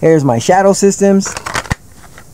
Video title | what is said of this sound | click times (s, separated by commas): STACCATO C2 5K UPDATE | it all fits into place man no issues you can see snaps into place just to prove that point give me one sec | 1.7 s